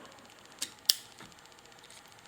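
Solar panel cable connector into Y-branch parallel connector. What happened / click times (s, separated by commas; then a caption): The plastic connector halves snapped together / 0.9 s. A solar panel cable connector is pushed one-handed into a plastic Y-branch parallel connector until the latch snaps in. A softer tick at 0.6 s comes before a sharp, bright click at 0.9 s, followed by faint light ticks over a quiet background. The connector is seated, clicking in at 0.9 s.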